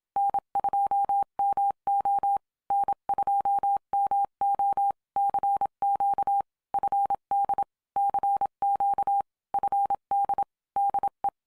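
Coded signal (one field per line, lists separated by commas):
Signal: Morse code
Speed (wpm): 27 wpm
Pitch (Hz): 800 Hz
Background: none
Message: N2MO N2MO CQ FD CQ FD DE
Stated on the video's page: Amateur radio Field Day operation.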